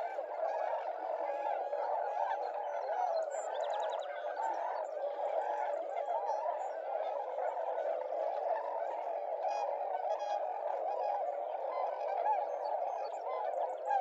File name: Tundra Swans